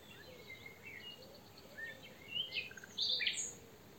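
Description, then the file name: European robin with soft, high sliding whistles that build into a few brighter, sharper notes near the end, over constant hiss. "Erithacus rubecula"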